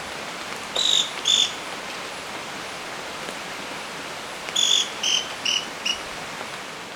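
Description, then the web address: Scale-crested pygmy-tyrant calling: a pair of short, clipped notes, a pause, then a series of four similar notes, over a steady background hiss. Ecuador. "Birds of Ecuador 3. Scale-Crested Pygmy-Tyrant"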